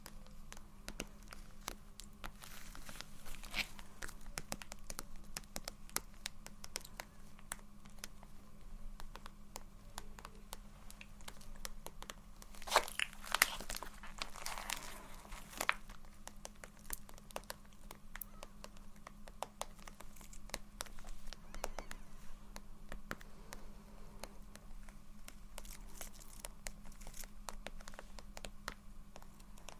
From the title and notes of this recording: ASMR Low Light SoftGentle Tapping & Scratching For Sleep (No Talking).